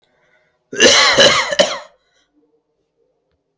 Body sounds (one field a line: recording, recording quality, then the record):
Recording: heavy voluntary cough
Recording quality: excellent, no background noise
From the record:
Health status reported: healthy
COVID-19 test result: not tested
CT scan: not taken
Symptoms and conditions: none ticked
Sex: male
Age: 23 years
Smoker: no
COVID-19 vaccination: both doses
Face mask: not worn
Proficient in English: yes